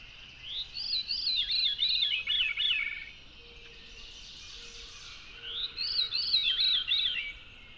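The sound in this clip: Veery song: two rolling, breezy phrases that spiral down in pitch, about five seconds apart, with faint background hiss.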